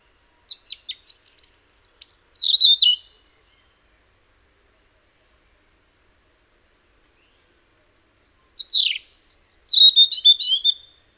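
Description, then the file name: European robin: a few soft introductory clicks lead into a fast, shimmering high trill that falls away; several seconds of quiet, then another intricate warbled phrase. "Erithacus rubecula"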